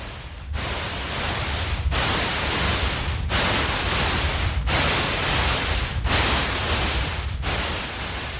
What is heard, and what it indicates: 14 – Tinnitus. Between 10 and 15 percent of us hear things like this constantly. People with tinnitus hear a sound like this all the time. There are all kinds of things that cause tinnitus. Exposure to loud sounds, hearing loss, even stress. These simulations were created by the British Tinnitus Association.